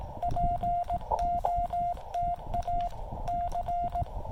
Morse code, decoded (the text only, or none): POTA C